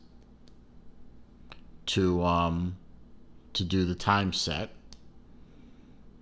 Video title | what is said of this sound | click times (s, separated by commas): Unboxing & Review Of My Zelos ZX7 Chronograph Watch | uh no date function but you have to pull it out two clicks | 0.5 s, 1.5 s